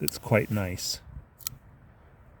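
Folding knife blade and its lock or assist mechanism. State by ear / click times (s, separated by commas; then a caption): seated / 1.5 s. Someone talks briefly, then an assisted-opening Kershaw Leek folding knife, sticky from dirt and cold, is worked. Its blade lock or assist mechanism gives one sharp click at 1.5 s. The mechanism seats, but the click is weaker than usual because the knife needs washing or lubricating.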